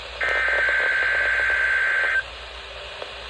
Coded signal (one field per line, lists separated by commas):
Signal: Emergency Alert System (SAME) tones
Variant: header bursts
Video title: EAS 41: NWS RWT for the week of May 25